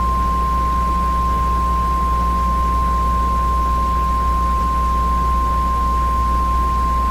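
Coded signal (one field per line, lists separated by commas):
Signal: Emergency Alert System (SAME) tones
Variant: 853 and 960 Hz attention tone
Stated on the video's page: Fictional mini EAS scenario inspired by War of the Worlds, a remake; audio somewhat distorted.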